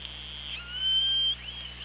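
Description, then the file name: Orca call: a tonal call with bright stacked harmonics, over a steady low underwater hum and hiss. Captured by the OrcaLab hydrophone on 24 August 2017. "Orca Lab UTLN JASON 20170824"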